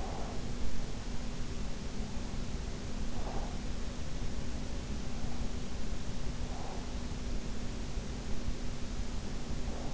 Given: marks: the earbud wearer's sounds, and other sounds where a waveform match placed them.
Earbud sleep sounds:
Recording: sounds in sleep by an in-ear microphone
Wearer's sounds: breath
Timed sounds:
0.00-0.63 s: breath

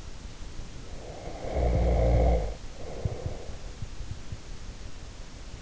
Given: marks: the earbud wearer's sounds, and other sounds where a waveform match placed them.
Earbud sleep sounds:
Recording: sounds in sleep by an in-ear microphone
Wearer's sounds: snoring breath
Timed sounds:
0.43-3.61 s: snoring breath

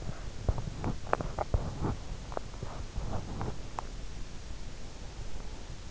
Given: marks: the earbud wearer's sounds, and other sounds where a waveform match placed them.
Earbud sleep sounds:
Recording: sounds in sleep by an in-ear microphone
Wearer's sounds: teeth grinding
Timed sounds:
0.00-4.03 s: teeth grinding

